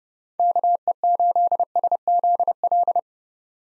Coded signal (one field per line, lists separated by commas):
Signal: Morse code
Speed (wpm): 32 wpm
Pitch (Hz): 700 Hz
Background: none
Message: KE8SZL